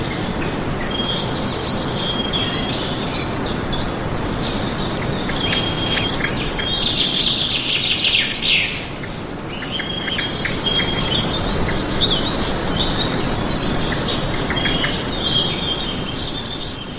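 Several birds sing at once, thin high trills and chirps repeating over a steady dense hiss, with a brighter burst of calls around eight seconds.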